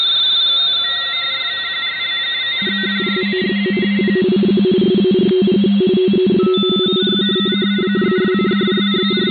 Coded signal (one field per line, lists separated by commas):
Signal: RTTY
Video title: MMVARI N1MM Plus Multi-RTTY